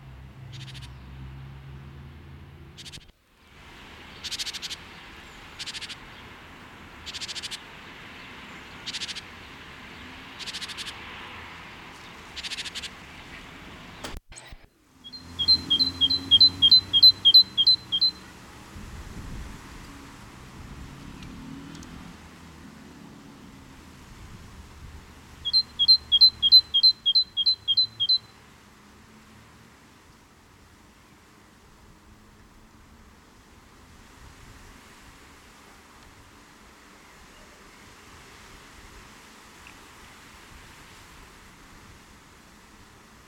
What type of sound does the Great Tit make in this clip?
song